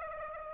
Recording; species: mosquito wingbeat signal from an infrared sensor; Aedes aegypti